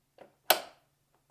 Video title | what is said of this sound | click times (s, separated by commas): We Unboxed the Ninebot Mecha Kit — Here’s How to Assemble It 🛠️🛴 | and then all I need to do is push forward and it'll click into place | 0.5 s